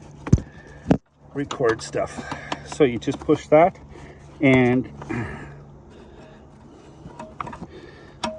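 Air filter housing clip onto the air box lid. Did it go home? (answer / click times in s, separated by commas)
yes / 7.4 s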